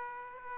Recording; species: mosquito wingbeat signal from an infrared sensor; Aedes aegypti